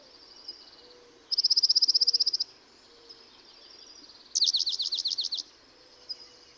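Dark-eyed junco singing a fast, flat, buzzy trill followed by a slower trill of sweeping notes, each about a second long.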